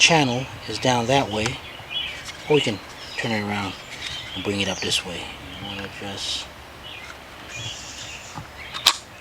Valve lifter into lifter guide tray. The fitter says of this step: make sure it goes in and locks into place